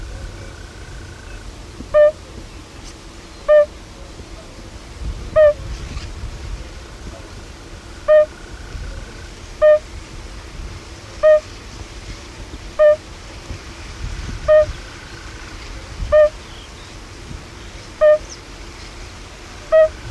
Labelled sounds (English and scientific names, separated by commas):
Fire-Bellied Toad (Bombina bombina) call